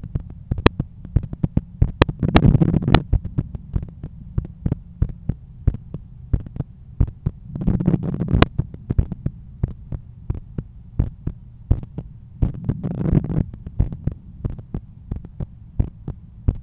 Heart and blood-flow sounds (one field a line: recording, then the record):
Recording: heart sounds by stethoscope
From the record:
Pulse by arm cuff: 90 bpm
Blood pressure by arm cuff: 124/81 mmHg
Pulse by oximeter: 87 bpm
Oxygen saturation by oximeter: 96%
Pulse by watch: 87 bpm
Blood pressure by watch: 122/78 mmHg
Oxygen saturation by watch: 94%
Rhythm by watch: sinus rhythm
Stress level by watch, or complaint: low stress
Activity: after 10 min smoking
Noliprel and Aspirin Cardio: after pills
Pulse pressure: 43 mmHg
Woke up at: 7:20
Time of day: 12:49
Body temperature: 35.7 C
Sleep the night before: 8 h 11 min, score 61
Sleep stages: REM 22%, light 68%, deep 3%, awake 7%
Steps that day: 9500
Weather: sunny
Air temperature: 25.8 C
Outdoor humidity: 54%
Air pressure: 1016 hPa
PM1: 55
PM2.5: 72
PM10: 84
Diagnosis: hypertension, treated with Noliprel and Aspirin Cardio 100 mg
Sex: male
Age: 53 years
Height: 174 cm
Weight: 81 kg